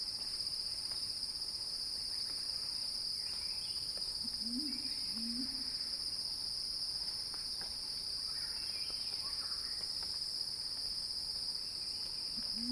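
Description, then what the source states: Steady shrill cicada buzz runs the whole time, while a few low rising hoots and faint high chirps appear in the background. Cicada crescendo; recorded by Axel Drioli for earth.fm.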